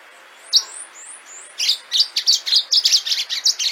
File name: canto do canario do amazonas